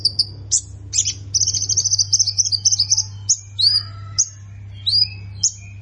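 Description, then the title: Plain prinia giving scattered sharp chirps, then a buzzy, stuttering high phrase, followed by a few descending swept notes. A faint low hum continues in the background. "Ciblek Sawah"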